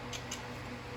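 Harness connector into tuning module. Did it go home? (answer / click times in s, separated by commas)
yes / 0.3 s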